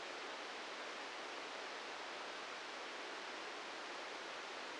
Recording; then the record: brain microelectrode recording played as sound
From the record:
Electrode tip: inside the subthalamic nucleus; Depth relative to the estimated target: -1 mm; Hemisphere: right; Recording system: NeuroSet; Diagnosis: Parkinson's disease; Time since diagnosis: 13 years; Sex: male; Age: 65 years